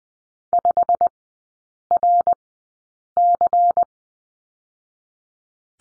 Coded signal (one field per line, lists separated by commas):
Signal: Morse code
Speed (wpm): 20 wpm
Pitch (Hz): 700 Hz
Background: none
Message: 5RC